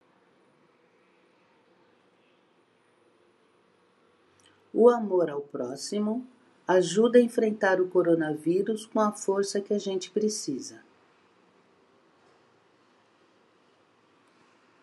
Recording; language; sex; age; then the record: spoken sentence; Brazilian Portuguese; female; 60 to 69 years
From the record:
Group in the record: control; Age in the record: 61 years